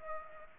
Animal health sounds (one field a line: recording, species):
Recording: mosquito wingbeat signal from an infrared sensor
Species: Culex pipiens